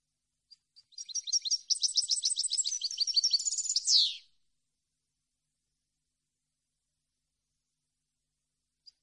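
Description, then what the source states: European goldfinch gives one fast tinkling, twittering phrase of about three seconds, ending in a downslurred note, followed by silence with a faint tick near the end. Clean song compiled on a CD, intended for birds to copy.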